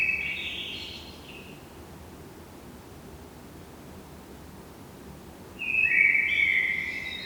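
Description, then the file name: Eurasian blackbird giving a clipped fluty phrase at the start, a long pause of quiet hiss, then another louder mellow phrase near the end. "Turdus merula"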